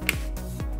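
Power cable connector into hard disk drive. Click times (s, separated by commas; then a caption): 0.1 s. A power cable connector is pushed gently into a hard disk drive for a Safer 4-camera Full HD surveillance kit. A single sharp, loud, short click sounds at 0.1 s over background music. The connector seats into the drive.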